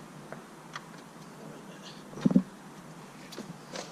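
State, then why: Not seated. A front bumper cover on a WK2 Jeep Grand Cherokee is handled and pressed toward its clips on the vehicle body during reattachment. Faint scattered ticks and a brief louder bump of handling noise around 2.3 seconds are heard. Nothing has seated or clicked yet.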